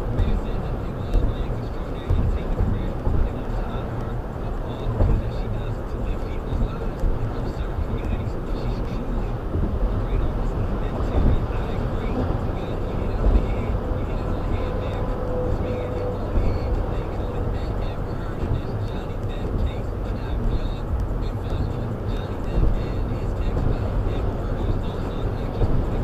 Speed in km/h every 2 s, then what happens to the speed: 114, 114, 111, 108, 106, 106, 106, 108, 108, 108, 108, 109, 109.
0-8 slows to 106. 8-26 steady at about 108.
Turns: none.